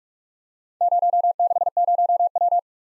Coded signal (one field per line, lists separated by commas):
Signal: Morse code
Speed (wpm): 44 wpm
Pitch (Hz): 700 Hz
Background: none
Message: 060W